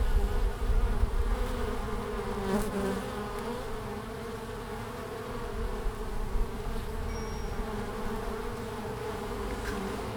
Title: Langel, Köln, Deutschland - Bienen im März. Bees in march